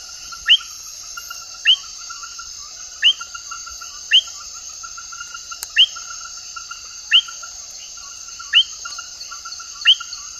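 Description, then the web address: Frog (Vanzolinius discodactylus): brief rising chirp notes repeated at fairly regular intervals, against a constant high-pitched insect hiss and a softer pulsing trill. Ecuadorian Amazon. "Nature Songs S America Frogs of Ecuadorian Amazon Vanzolinius discodactylus"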